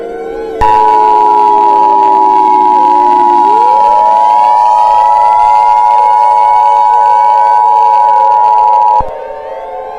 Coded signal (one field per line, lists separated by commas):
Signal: Emergency Alert System (SAME) tones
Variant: 853 and 960 Hz attention tone